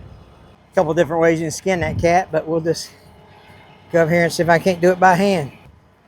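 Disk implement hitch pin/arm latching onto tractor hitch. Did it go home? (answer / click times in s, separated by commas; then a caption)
no / none. A disk implement's hitch pin and arm are being hooked onto a tractor hitch, with one side already locked in and the other side's latch about to be pushed into place by hand. Someone talks over faint low background noise. Nothing has seated or clicked yet.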